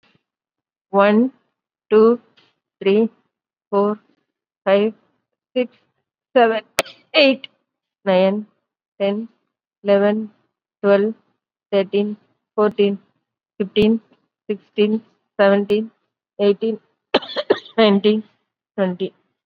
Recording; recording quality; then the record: counting at a normal pace; excellent, no background noise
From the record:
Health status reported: COVID-19 positive, moderate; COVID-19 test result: positive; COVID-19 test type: RT-PCR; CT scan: taken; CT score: 11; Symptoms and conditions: cough, fever, fatigue, muscle pain, loss of smell and taste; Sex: female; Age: 57 years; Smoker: no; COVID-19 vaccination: one dose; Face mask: worn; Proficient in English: no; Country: India